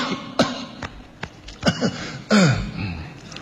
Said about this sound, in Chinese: 我怕引起人注意。 那怎么？ 假装咳嗽，哦、过渡一下。